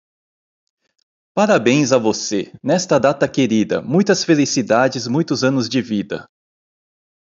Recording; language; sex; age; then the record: short text; Brazilian Portuguese; male; 40 to 49 years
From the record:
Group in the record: control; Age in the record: 49 years